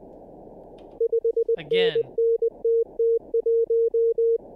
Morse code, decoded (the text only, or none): 5NNTT1